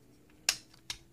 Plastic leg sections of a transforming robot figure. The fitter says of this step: and pull these down like this at the bottom snap